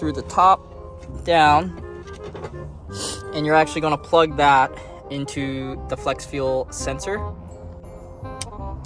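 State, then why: Seated. A wiring harness plug from a BM3 flex fuel kit, its long thin cable fed through from the top down, is pushed onto the flex fuel sensor's electrical connector while someone talks over background music. A sharp click at 8.4 seconds marks the connector seating in place.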